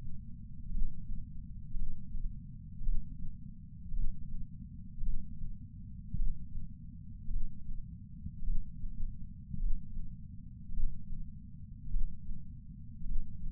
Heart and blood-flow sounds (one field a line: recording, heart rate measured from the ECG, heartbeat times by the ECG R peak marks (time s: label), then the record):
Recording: heart sounds by patch sensor on the chest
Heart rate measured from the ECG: 53 bpm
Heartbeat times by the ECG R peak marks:
0.70 s: heartbeat
1.75 s: heartbeat
2.82 s: heartbeat
3.92 s: heartbeat
5.02 s: heartbeat
6.15 s: heartbeat
7.29 s: heartbeat
8.43 s: heartbeat
9.71 s: heartbeat
10.73 s: heartbeat
11.89 s: heartbeat
13.04 s: heartbeat
From the record:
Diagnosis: coronary artery disease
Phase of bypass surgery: intraoperative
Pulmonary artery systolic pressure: 28 mmHg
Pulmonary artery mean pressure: 14 mmHg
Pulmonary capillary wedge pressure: 11 mmHg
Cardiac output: 5.5 L/min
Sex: male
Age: 57 years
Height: 175 cm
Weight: 80 kg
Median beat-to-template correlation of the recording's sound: 0.94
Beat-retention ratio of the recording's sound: 0.97